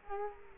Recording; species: mosquito wingbeat signal from an infrared sensor; Culex quinquefasciatus